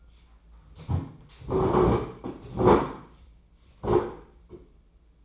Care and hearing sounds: daily activity, microphone in the room; sit down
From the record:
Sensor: 1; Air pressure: 996.0 hPa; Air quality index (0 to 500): 236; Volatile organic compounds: 1000 ppm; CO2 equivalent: 6870 ppm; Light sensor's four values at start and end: 34/83/36/43 and 35/86/36/44

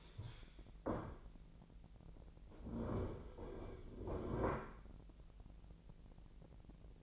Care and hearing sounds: daily activity, microphone in the room; stand up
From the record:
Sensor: 5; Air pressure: 1001.7 hPa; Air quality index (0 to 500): 247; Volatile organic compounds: 30 ppm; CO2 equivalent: 2962 ppm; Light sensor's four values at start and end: 48/112/46/48 and 48/112/46/48

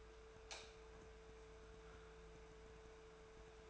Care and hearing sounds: daily activity, microphone in the room; light on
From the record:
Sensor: 2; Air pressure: 1014.6 hPa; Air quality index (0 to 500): 188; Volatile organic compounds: 14 ppm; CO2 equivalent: 2476 ppm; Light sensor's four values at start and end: 20/49/21/23 and 18/49/20/20

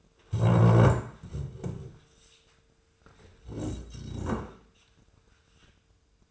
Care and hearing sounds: daily activity, microphone in the room; stand up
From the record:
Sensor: 2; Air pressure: 1005.1 hPa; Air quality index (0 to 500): 99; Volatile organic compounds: 2 ppm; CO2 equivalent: 1199 ppm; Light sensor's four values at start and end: 8/18/7/8 and 7/17/7/7

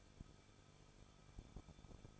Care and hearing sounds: daily activity, microphone in the room; no activity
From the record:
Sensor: 5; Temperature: 20.9 degrees Celsius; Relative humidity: 38.3%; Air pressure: 1006.4 hPa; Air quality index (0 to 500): 188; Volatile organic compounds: 19 ppm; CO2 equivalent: 2642 ppm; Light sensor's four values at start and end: 2/3/1/1 and 2/3/1/1

